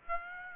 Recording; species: mosquito wingbeat signal from an infrared sensor; Aedes aegypti